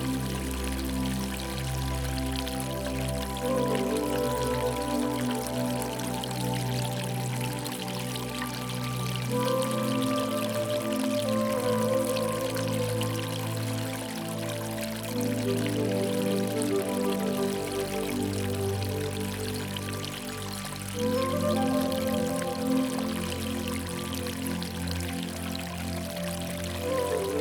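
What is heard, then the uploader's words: Soft spa music with waterfalls: slow, sustained chords that shift every few seconds, with notable changes near 10, 15 and 21 seconds, over a low steady drone. A constant bright rush of falling water runs underneath throughout, with an even overall level. Spa Music and Waterfalls.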